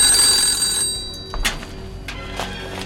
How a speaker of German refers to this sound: klingelte das Telefon.